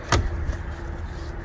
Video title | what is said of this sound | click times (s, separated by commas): 2022 VW Atlas 3.6 SE w/Technology FWD with Mauro Brown leatherette interior | So just jiggle on the strap there and that will actually lock that in place. Now this seat's not going anywhere, it's locked in place. | 0.1 s